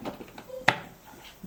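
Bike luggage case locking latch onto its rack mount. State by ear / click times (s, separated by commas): seated / 0.7 s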